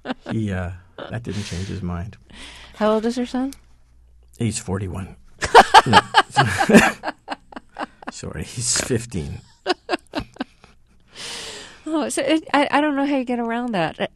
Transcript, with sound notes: He - that didn't change his mind.
How old is your son?
He's 41.
(SOUNDBITE OF LAUGHTER)
Sorry, he's 15.
So, I don't know how you get around that.